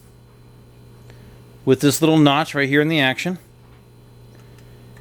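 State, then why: Not seated. A rotary magazine is held at an air rifle action, its detent lined up with the notch in the action before it is slid in; the part is only being positioned. Someone talks from about 1.7 to 3.4 s over a steady low hum, and a faint tick is heard near 1.1 s. Nothing has seated or clicked yet.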